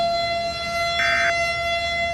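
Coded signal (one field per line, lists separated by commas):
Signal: Emergency Alert System (SAME) tones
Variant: end-of-message bursts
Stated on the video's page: Fictional alert scenario; tones may or may not be valid.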